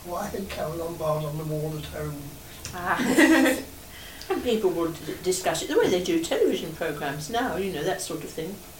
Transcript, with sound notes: Well I had Carole Lombard on the wall at home.
Ah! [laughs]
And people would discuss it. They way they do television programmes now, you know, that sort of thing.